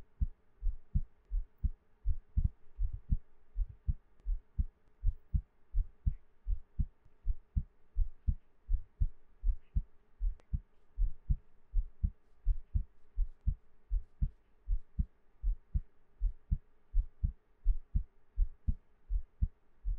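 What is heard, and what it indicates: Steady paired low thumps at about 82 beats a minute; an ordinary adult heartbeat, close-miked, with faint background hum and no talking.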